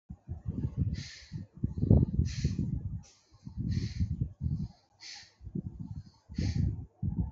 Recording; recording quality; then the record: deep breathing; moderate, slight background noise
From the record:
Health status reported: healthy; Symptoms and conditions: none ticked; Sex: male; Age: 27 years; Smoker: not ticked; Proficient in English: yes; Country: India